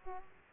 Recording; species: mosquito wingbeat signal from an infrared sensor; Aedes aegypti